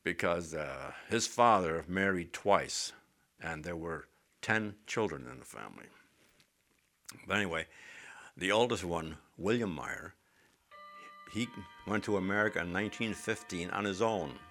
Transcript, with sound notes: Because his father married twice, and there were ten children in the family. But anyway, the oldest one, William Meier, ( clock chimes ) he went to America in 1915 on his own.